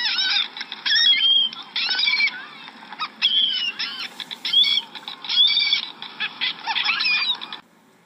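Bird calling in rapid, dense bursts of squeaky, chattering notes with some rising and falling whistles, nearly continuous before stopping abruptly at the end.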